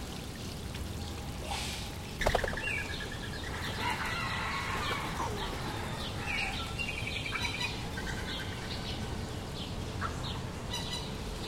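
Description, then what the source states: Birds chirping in short bright notes and trills over a steady rushing of flowing water, with a louder splash or burst near two seconds. Several birds chirping beside a flowing water stream.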